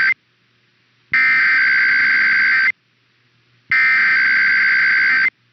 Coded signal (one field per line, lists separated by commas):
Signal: Emergency Alert System (SAME) tones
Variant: header bursts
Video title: EAS #56-61 - Utah Monthly and IPAWS Weekly Tests (1/8/24)